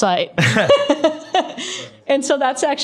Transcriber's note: chuckle